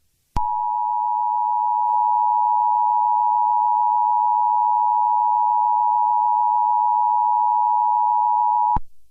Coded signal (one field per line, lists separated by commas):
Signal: Emergency Alert System (SAME) tones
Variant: 853 and 960 Hz attention tone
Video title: EAS Scenario - Talking Angela's Rampage 4 [PREVIEW]